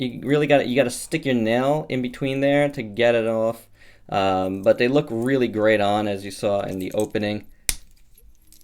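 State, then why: Seated. A plastic accessory is pressed onto a King Kong action figure while someone talks, and it snaps into place with a sharp click at 7.7 seconds. A few faint ticks follow. The accessory seats firmly and does not seem breakable.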